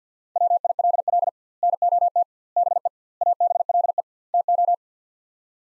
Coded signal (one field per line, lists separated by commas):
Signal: Morse code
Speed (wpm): 50 wpm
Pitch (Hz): 700 Hz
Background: none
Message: WILL NOT BE ABLE TO